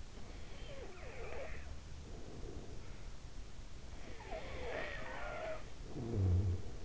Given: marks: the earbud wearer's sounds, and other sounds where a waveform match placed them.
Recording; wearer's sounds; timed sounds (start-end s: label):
sounds in sleep by an in-ear microphone; breath, snoring breath
0.14-2.74 s: breath
3.80-6.85 s: snoring breath